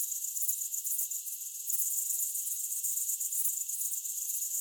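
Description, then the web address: Crickets chirping in a dense, continuous high-pitched chorus, pulsing rapidly and steadily throughout with no other sounds. Crickets at night. "Hollywood Edge sound designer's toolkit v 2. Cricket Ambience Night"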